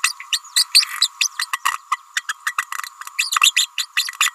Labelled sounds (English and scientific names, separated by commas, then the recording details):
Green-rumped Parrotlet (Forpus passerinus) babbling
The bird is a female
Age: 29 days
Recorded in a nest box in Venezuela
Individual 17B31A3